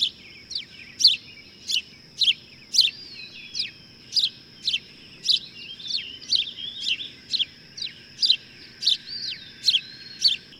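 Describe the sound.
Bird chirping in a quick, steady run of sharp high notes, mixed with thin whistled glides, and a constant high whine behind.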